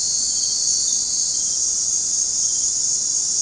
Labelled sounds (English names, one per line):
none